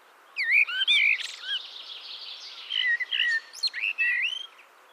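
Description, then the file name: Eurasian blackbird singing a rich, mellow warble of looping whistled notes mixed with thin, high twittering flourishes. Song excerpt from Lyngs. "Solsort Lyngs-uddrag"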